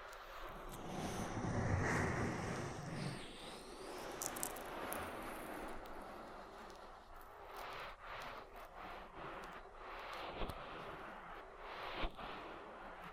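An oil ear massage with a dense, rushing rub that swells loudest around two seconds and eases by four. After that the slick rubbing continues softer and fairly steady, with brief sharp clicks near ten and twelve seconds.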